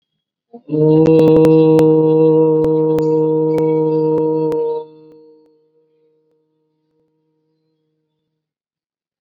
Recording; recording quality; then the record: sustained vowel as in boot; excellent, no background noise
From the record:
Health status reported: COVID-19 positive, mild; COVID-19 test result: positive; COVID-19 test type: RT-PCR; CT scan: not taken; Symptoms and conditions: cough, fever, fatigue, muscle pain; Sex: male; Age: 39 years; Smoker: yes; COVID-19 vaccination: both doses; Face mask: worn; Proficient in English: yes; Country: India